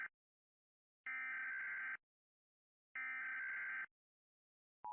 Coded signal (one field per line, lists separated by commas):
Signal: Emergency Alert System (SAME) tones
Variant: header bursts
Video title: Rating EAS Alarms (Part 1)